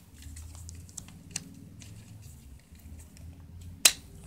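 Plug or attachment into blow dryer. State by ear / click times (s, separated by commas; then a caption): seated / 3.9 s. A plug or attachment that is sometimes hard to plug in is worked into a blow dryer straightener, with faint handling rustles and small ticks at 0.7, 1.0 and 1.4 seconds. A loud, sharp click at 3.9 seconds marks the part seating in place.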